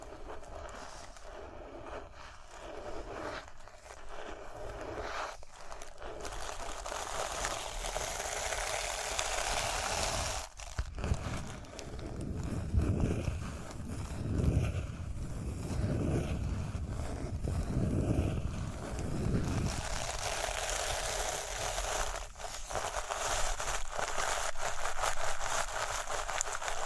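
Rhinestones are tapped, scratched and brushed in a dense, continuous rustle, dotted with sharp little clicks throughout. From about 10 to 20 seconds, heavier rhythmic strokes add a low, swelling thump roughly every second before the lighter, brighter scratching returns.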